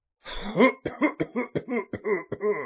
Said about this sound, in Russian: Холмогоров начал кашлять, как бы стараясь замять разговор, и потом произнес.